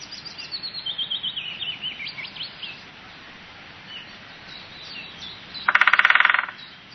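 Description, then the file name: Woodpecker giving a brief rapid drum roll near the end, preceded by several seconds of thin, high twittering from other small birds. "spechtgb"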